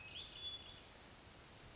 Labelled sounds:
Hermit Thrush (Catharus guttatus)
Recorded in Sonoma County, California

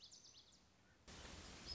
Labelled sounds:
Lazuli Bunting (Passerina amoena)
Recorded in Sonoma County, California

